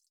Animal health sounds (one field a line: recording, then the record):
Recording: hydrophone in a shrimp aquaculture tank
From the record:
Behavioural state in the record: feeding